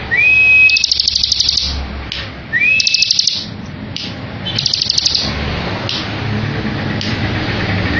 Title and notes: Ciblek Ngebren Untuk Masteran Murai Batu. Suara burung ciblek - Suara Nada